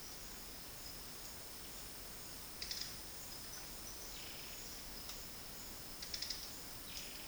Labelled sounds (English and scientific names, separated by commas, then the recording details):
none
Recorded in dense forest near Puerto Asís, Putumayo, Colombia, on 20 February 2024 at 10:00
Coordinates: 0.481, -76.318
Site G6421